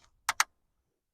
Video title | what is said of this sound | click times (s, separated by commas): Simple vehicle maintenance | and make sure it clicks like your gas tank | 0.3 s, 0.4 s